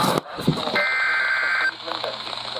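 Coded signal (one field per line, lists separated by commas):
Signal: Emergency Alert System (SAME) tones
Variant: header bursts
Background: speech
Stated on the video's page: EAS alert tones from storm-related alerts over two days.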